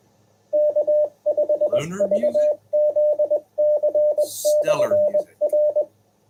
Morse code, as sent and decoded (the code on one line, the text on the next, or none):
-.- ..... ...- --.. -.-. -..-. .-.
K5VZC/R